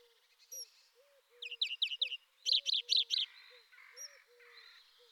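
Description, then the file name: European greenfinch song: short rattling trills of rapid chirps, then a drawn-out wheezy buzz. "Groenling"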